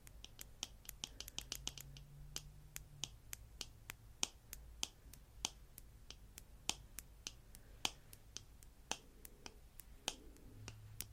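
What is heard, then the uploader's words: Fingernails tap in a quick, slightly uneven rhythm, sharp bright clicks arriving several times a second for the whole stretch, denser in the first two seconds. Underneath runs a soft low rumble with faint hums, briefly swelling around two seconds and again near eleven. ASMR Nail Tapping & Fluffy Mic Brushing.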